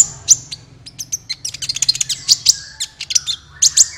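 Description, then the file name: Van Hasselt's Sunbird twitter: dense, hurried high chips and squeaky notes run almost continuously. "suara kolibri ninja"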